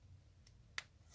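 A watch strap is pushed and jiggled on its spring bar into the lug holes of a Casio DW-291H-1AVCF case. A faint tick comes at 0.5 s, then a sharp click at 0.8 s as one end of the spring bar snaps in. Only one end is seated, so the strap is not fully fitted yet.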